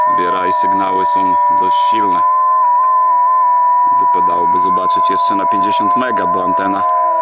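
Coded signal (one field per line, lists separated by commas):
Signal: FT8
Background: speech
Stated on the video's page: FT8 from a field station: Yaesu FT-891 at 50 W into an Alpha Antennas FMJ antenna, contacts on 7 and 14 MHz.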